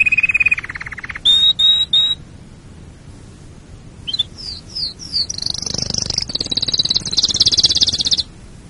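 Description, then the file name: Canary song: rolling trill, three pure high whistled notes, a pause, then rising slurred notes building into a loud high rattling trill. "canarysong omkicau"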